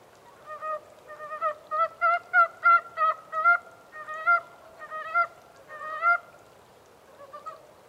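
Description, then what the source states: Montane brown frog croaking: short clucking notes in rapid runs, repeated through most. 14 April 2010.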